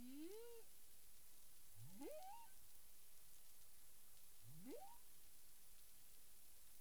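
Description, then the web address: Humpback whale calls: a rising-falling moan followed by two swift upsweeping whoops climbing from low to higher pitch, over steady hissing underwater noise. Recorded 9 April 2002 at 18:00 UTC. "humpback whale 20020409 180053 UTC"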